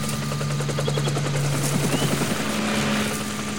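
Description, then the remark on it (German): Two helicopters search the coast, their rotors thumping in a fast, steady rhythm over a deep, droning engine hum, holding loud and constant throughout with no voices. “Gibt nur 2 Hubschrauber. Sie suchen die Küste ab.”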